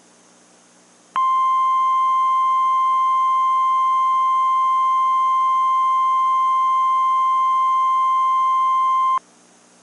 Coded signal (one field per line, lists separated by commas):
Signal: Emergency Alert System (SAME) tones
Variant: 1050 Hz attention tone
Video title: EAS Scenario: Chicago Dies Redux